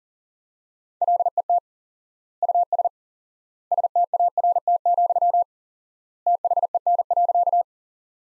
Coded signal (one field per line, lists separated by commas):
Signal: Morse code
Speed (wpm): 40 wpm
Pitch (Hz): 700 Hz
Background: none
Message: LET US START, THEN.